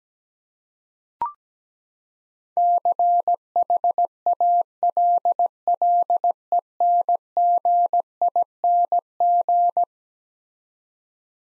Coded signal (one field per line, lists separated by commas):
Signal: Morse code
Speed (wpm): 17 wpm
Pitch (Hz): 700 Hz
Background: none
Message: CHALLENGING